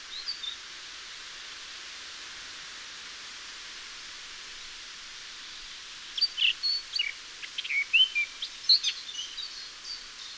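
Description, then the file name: Eurasian blackcap song phrase of clear whistled and twittering notes after several seconds of steady background hiss. "Sylvia atricapilla"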